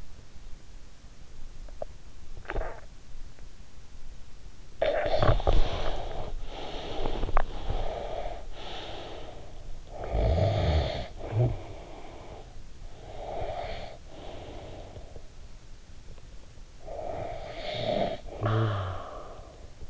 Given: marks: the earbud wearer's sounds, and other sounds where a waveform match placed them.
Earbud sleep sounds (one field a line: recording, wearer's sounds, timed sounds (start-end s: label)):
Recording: sounds in sleep by an in-ear microphone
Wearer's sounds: snoring breath, breath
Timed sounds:
2.35-2.87 s: snoring breath
4.58-9.67 s: breath
9.67-12.53 s: snoring breath
12.73-15.38 s: breath
16.53-19.90 s: snoring breath